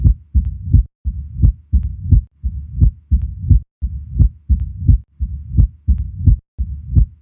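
A regular heartbeat at roughly 85 a minute, heard through a stethoscope on an adult chest. A low, rumbling murmur builds in each cycle toward a sharp, loud first sound. This is the diastolic rumble of mitral stenosis, caused by a narrowed mitral valve.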